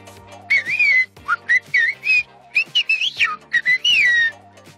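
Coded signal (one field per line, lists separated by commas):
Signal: whistled language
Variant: Silbo Gomero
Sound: a loud single whistle gliding up and down in quick phrases, about 4 seconds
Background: low room hum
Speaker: Yo quiero que José nos diga unas palabritas porque esta es nuestra primera semana en emisión que nos diga unas palabras de ánimo para el programa Nunca es tarde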